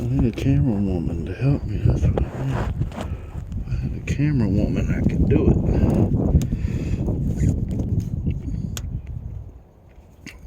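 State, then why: Partly seated. Someone talks while pushing the Bosch oxygen sensor connector's retaining clip into its bracket hole on a 2001 Chevy Silverado 1500 4.8L V8. A sharp click sounds at 8.8 seconds, but the clip is not fully seated, so it has to be pushed in again.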